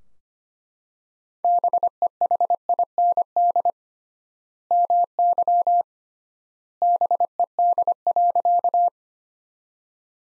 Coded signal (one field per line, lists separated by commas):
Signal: Morse code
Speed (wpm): 25 wpm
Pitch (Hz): 700 Hz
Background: none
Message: BEHIND MY BED.